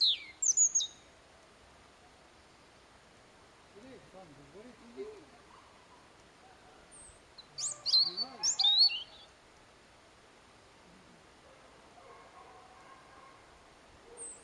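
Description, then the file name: European robin song: short high twittering phrases at the start and again midway, separated by a long quiet gap with faint lower sounds. "Erithacus rubecula"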